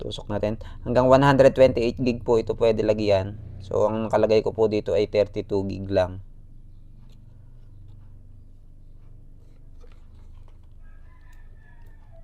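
Someone talks for the first six seconds while a 32 GB microSD memory card is brought to the card slot of a V380 Pro dual-lens outdoor WiFi CCTV camera, which takes cards up to 128 GB. The rest is quiet handling with a few faint small ticks, and nothing has seated or clicked into the slot yet.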